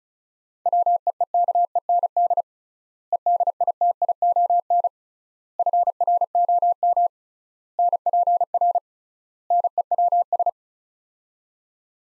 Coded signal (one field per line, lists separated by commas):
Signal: Morse code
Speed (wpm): 36 wpm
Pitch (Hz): 700 Hz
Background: none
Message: WEEKEND EDITION FROM NPR NEWS